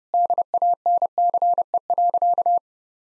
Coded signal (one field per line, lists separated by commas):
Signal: Morse code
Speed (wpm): 28 wpm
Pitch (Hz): 700 Hz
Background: none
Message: DANCE.